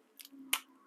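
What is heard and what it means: A Safariland Comp II speedloader holding revolver rounds is pressed hard on an outside round, as if pressed against a thigh in a pocket, until its knob turns. Faint scraping clicks around 0.2 s lead to a single loud, sharp click at 0.5 s as the lock mechanism releases the rounds under pressure.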